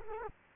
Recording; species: mosquito wingbeat signal from an infrared sensor; Culex quinquefasciatus